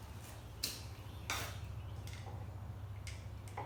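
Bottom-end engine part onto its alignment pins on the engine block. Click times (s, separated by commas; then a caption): 0.6 s. A part with alignment holes is snapped onto its alignment pins in the bottom end of a 5.7 Hemi engine mounted on an engine stand. A sharp click at 0.6 s marks it seating, followed by a louder knock at 1.3 s and fainter taps near 3.6 s over a steady low hum. The part is seated.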